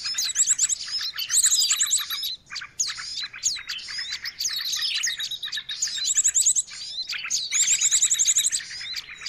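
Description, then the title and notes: Birds chattering in a dense, nonstop chorus of high chirps, squeaky whistles and rapid buzzy trills that rise and fall in bursts, with brief gaps. Noisy bird chatter, intended as a lure for catching birds. "Master Burung Ribut. Burung Ribut Pikat"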